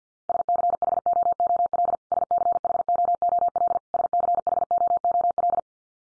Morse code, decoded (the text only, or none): SCHOOL SCHOOL SCHOOL